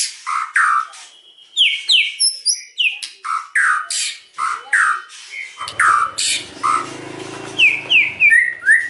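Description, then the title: White-rumped shama song: a steady series of loud, sharp downslurred notes, with a soft low hum in the second half. Lure recording (pancingan) of a strongly singing (gacor) bird, meant to provoke a quick response from other birds. "PANCINGAN MURAI BATU GACORSEKALI DENGAR AMPUH LANGSUNG RESPON"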